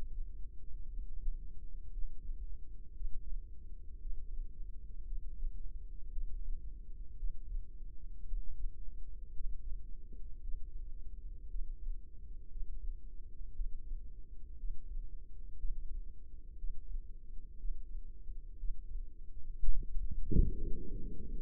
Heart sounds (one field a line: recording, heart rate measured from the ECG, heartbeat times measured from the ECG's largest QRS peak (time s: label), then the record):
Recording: heart sounds by microphone in the left ear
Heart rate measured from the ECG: 58 bpm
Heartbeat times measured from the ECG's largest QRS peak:
0.88 s: heartbeat
1.91 s: heartbeat
2.94 s: heartbeat
3.99 s: heartbeat
5.05 s: heartbeat
6.11 s: heartbeat
7.17 s: heartbeat
8.26 s: heartbeat
9.34 s: heartbeat
10.42 s: heartbeat
11.49 s: heartbeat
12.50 s: heartbeat
13.54 s: heartbeat
14.58 s: heartbeat
15.57 s: heartbeat
16.57 s: heartbeat
17.58 s: heartbeat
18.58 s: heartbeat
19.58 s: heartbeat
20.59 s: heartbeat
From the record:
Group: healthy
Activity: Valsalva maneuver 0-20 s, rest 20-21 s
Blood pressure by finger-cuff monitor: 88/56 mmHg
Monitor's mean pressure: 64 mmHg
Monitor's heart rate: 58 bpm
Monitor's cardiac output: 4.5 L/min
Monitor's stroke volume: 78 mL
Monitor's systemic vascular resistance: 1010 dyn s/cm5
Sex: female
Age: 28 years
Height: 170 cm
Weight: 77 kg